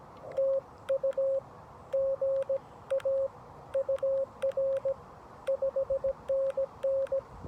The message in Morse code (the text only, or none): TU GA UR 5NN